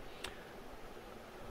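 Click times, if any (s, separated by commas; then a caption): 0.2 s. A RAM module is pressed down into the memory slot of an HP Pavilion 15-ab032TX laptop until the retaining latches click. A single short, sharp click sounds at 0.2 s over a steady low background hiss, and the module is seated.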